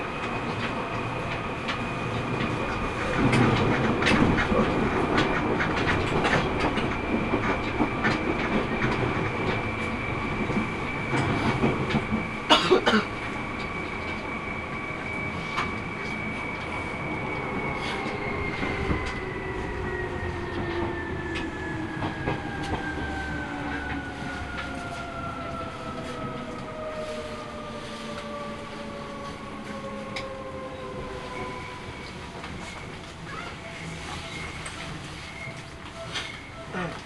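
A Seibu Railway train is heard from on board, with a steady hum and rattle of the wheels beneath. A clear whine holds at one pitch for about fifteen seconds, then slowly falls as the train slows, while clacks and knocks punctuate the first half.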